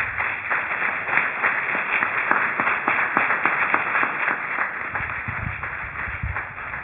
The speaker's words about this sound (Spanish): ¿Cuántos están agradecidos de Cristo? Denle un aplauso a Cristo por eso.